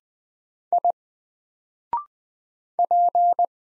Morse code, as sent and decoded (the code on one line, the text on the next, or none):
.. / .--.
I P